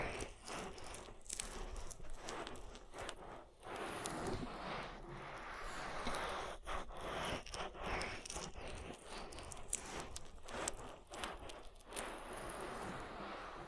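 Oily ear massage: a continuous slick, crackly rubbing with a dense hiss that stays fairly even throughout. Sharp little pops and squelches break through irregularly, several per second, bright and crisp against the softer wet texture underneath.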